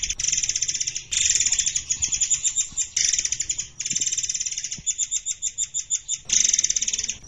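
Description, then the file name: Murai air song: buzzy, rapidly pulsed high phrases, each starting strong and fading, with brief gaps between them. "burung murai air"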